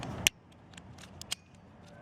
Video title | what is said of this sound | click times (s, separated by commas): Subaru Forester 2019 - Front Wipers Replacement - Michelin Guardian Wipers Blades | so I'm I'm punched over so I'm going to have to do a better job here so so here you know I didn't lock it in | none